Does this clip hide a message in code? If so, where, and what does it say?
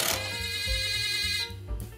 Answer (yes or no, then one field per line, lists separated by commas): no